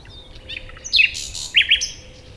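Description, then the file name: Common nightingale giving a short phrase: a thin whistle, then a few bright notes in quick succession. "Luscinia megarhynchos"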